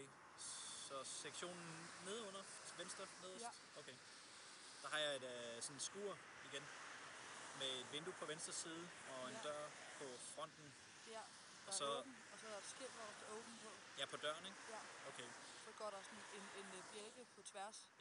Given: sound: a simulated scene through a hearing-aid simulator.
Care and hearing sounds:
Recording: conversation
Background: traffic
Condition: +4 dB SNR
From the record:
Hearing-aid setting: standard clinical setting (NAL)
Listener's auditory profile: A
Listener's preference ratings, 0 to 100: 17, 23, 36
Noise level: 75 dB SPL

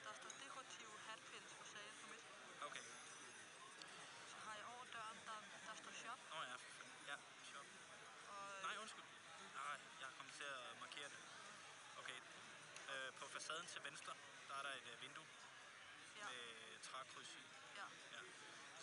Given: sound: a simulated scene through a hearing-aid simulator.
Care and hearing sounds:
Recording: conversation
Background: cafeteria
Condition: +4 dB SNR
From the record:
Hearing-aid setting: I (fast-acting compression, audibility-based gain)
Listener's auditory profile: D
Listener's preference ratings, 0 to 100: 30, 48, 39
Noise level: 65 dB SPL

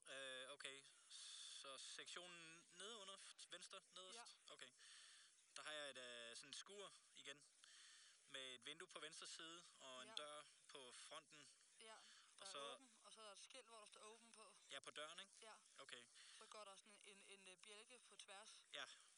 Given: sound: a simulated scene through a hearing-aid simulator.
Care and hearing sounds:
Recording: conversation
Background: quiet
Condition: 65 dB SPL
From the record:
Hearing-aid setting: II (fast-acting compression, audibility-based gain, advanced features for about 2.5 dB of SNR improvement)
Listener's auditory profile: A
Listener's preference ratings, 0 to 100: 94, 72, 86

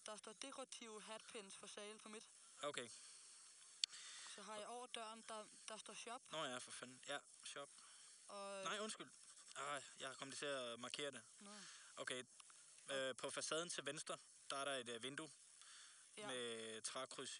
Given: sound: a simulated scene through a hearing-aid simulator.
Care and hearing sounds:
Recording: conversation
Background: quiet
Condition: 75 dB SPL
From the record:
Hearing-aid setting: II (fast-acting compression, audibility-based gain, advanced features for about 2.5 dB of SNR improvement)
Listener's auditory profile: C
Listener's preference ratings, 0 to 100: 83, 59, 66

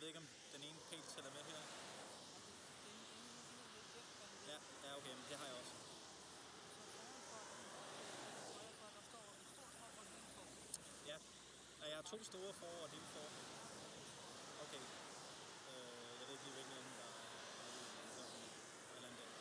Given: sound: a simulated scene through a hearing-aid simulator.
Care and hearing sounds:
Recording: conversation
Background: traffic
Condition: -4 dB SNR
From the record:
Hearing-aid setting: II (fast-acting compression, audibility-based gain, advanced features for about 2.5 dB of SNR improvement)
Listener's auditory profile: D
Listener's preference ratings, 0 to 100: 33, 65, 53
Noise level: 75 dB SPL

